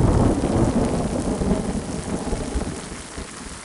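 A thunderstorm rumbles with deep, rolling thunder over a steady wash of heavy rain, loud at first and easing slightly as it continues, with no voices.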